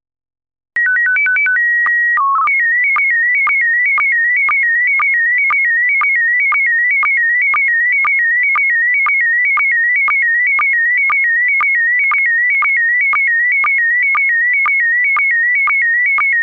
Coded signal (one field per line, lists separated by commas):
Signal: SSTV (slow-scan television)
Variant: PD 120